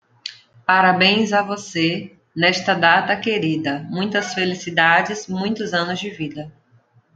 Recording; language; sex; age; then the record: short text; Brazilian Portuguese; female; 30 to 39 years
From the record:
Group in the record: control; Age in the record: 32 years